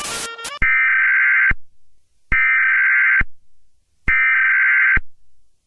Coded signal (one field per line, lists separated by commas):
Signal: Emergency Alert System (SAME) tones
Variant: header bursts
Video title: EAS Scenario: The Alternates